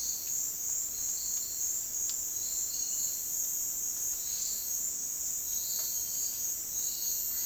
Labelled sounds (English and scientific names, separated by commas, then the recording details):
none
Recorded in dense forest near Puerto Asís, Putumayo, Colombia, on 21 February 2024 at 08:00
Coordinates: 0.466, -76.327
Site G6413